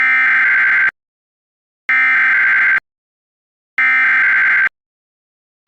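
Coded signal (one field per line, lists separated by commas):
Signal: Emergency Alert System (SAME) tones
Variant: header bursts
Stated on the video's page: Fictional EAS scenario, a simulated malfunction.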